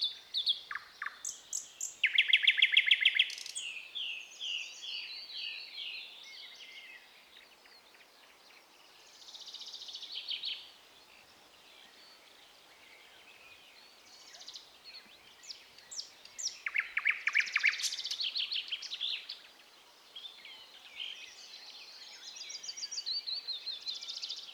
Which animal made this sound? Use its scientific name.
Luscinia luscinia